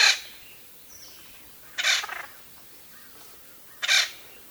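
Bird calling with three loud, grating squawks spaced about two seconds apart, with quiet background between them.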